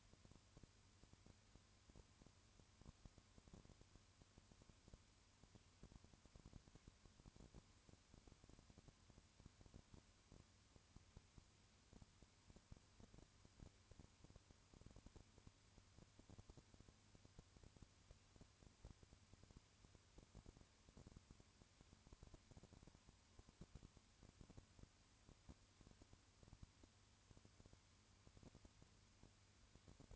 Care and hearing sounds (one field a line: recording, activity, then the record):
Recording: daily activity, microphone in the room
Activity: no activity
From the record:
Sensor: 2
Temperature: 20.3 degrees Celsius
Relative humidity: 35.6%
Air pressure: 1001.0 hPa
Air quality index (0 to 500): 196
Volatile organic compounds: 5 ppm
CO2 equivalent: 1733 ppm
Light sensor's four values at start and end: 2/3/2/2 and 2/3/2/2